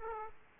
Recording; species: mosquito wingbeat signal from an infrared sensor; Aedes aegypti